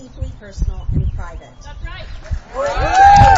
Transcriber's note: cheers, applause